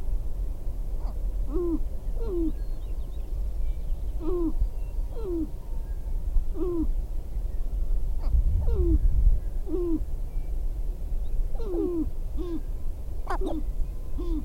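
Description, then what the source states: Sharp-tailed grouse giving soft, hooked, cooing notes, often in pairs, repeated irregularly over a low rumbling background, with a sharp click near the end. Recorded on 22 April 2005.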